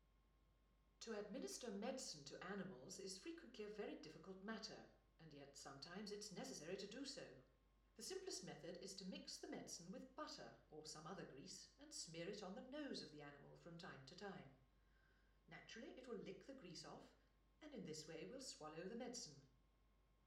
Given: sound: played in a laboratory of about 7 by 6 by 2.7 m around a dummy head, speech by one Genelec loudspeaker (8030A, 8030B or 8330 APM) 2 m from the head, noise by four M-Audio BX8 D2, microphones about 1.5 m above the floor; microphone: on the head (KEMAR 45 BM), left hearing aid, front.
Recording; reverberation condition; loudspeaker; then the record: female speech in English; medium; 120 degrees to the left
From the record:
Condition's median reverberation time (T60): about 510 ms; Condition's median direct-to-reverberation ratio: about -0.5 dB